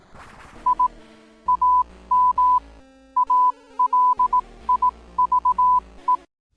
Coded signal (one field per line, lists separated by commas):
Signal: Morse code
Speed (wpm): 18 wpm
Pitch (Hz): 1000 Hz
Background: none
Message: I AM ALIVE